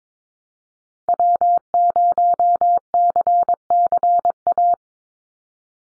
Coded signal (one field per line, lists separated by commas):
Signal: Morse code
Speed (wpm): 22 wpm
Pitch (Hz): 700 Hz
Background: none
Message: W0CCA